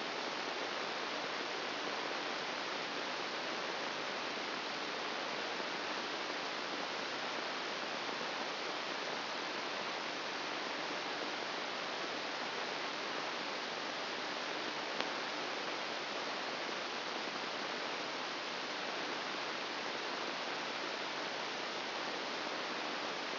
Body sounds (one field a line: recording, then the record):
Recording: brain microelectrode recording played as sound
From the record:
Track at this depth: inside the subthalamic nucleus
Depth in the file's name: 0.609 mm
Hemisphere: right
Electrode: 2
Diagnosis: Parkinson's disease